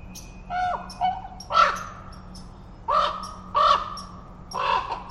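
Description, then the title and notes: Common Raven giving two descending calls, then four loud harsh croaks, with thin high bird calls in the background. Raven calling from trees in forest at Totem Park, moving from tree to tree; about 9:30am, overcast with a little rain, breezy from southeast; tide falling. "Totem Park Wildlife. A raven calling in the forest reminded me of a time I was walking through the park with visiting Australians"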